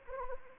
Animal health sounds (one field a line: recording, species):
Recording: mosquito wingbeat signal from an infrared sensor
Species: Anopheles arabiensis